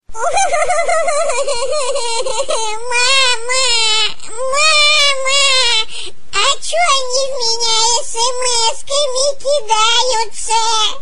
Baby crying.